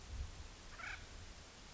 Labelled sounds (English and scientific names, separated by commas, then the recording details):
Acorn Woodpecker (Melanerpes formicivorus)
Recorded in Sonoma County, California